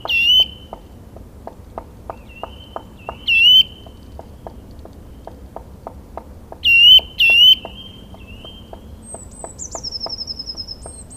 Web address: agykontroll Madardalok Cd 1. Fekete harkály